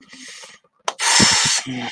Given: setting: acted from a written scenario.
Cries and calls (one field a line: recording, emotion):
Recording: vocal sound without words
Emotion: desire